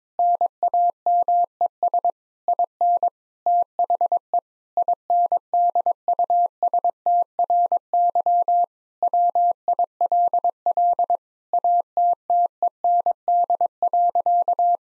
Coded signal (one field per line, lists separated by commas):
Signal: Morse code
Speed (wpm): 22 wpm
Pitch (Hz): 700 Hz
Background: none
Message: NAMES IN THE INDUSTRY WILL ATTEND.